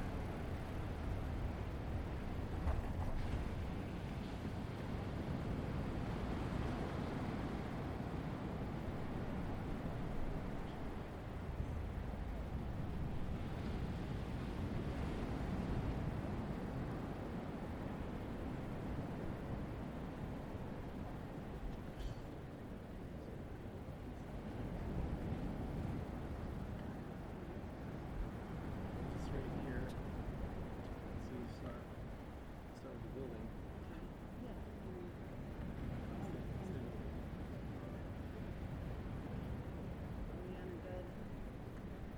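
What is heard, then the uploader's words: A steady, dense low roar fills the scene at Asbury Park beach, swelling gently around 3, 12–16 and 26 seconds like surf and wind. Faint voices and a droning engine, perhaps a passing plane or traffic, sit in the background, with a few small clicks near 22 and 30 seconds. Asbury Park Beach. 12:30 pm.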